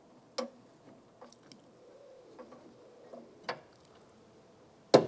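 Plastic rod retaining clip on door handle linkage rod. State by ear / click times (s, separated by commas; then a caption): seated / 0.4 s. On the exterior door handle of a 2002-2008 Dodge Ram 1500, the rear control rod is set into the pink plastic retaining clip, and pressing the clip down snaps it into place with a sharp click at 0.4 s. Fainter ticks follow around 1.3, 1.5 and 2.4 s, then another sharp click at 3.5 s and a loud burst right at the end near 4.9 s. The rod ends up seated in the clip.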